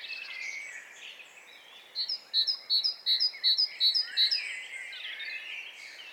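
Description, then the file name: Great tit singing a rapid series of high, clear two-note phrases, roughly three per second, over a background of other birds' twitters. "Parus major"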